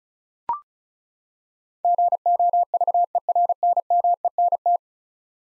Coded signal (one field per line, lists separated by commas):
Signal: Morse code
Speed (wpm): 36 wpm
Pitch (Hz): 700 Hz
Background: none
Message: GOVERNMENT